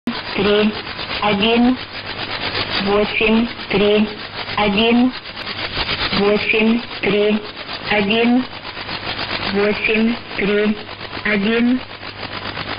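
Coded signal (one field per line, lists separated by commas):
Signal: numbers station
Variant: S06s Russian Lady, Russian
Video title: 02 10 2017 Numbers station S06s Russian Lady in Russian to Eu 1200 on 9145 unknown tx site in CUSB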